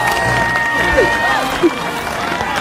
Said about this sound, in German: Als der Wal am Ufer auftaucht, gibt es großen Jubel.